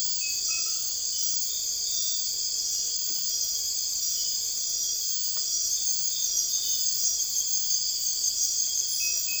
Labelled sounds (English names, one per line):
none